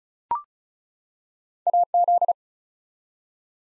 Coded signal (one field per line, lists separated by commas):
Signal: Morse code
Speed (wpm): 36 wpm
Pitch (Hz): 700 Hz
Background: none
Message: AZ